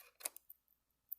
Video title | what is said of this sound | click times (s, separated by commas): DO NOT BUY THIS GUN LOCK! (raked open) | the tensioner that clicks back in so now it's fully locked | 1.1 s